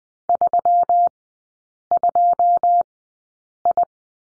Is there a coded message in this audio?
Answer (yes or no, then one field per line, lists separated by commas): yes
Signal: Morse code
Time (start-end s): 0.3-3.8 s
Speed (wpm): 20 wpm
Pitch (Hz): 700 Hz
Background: none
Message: 32I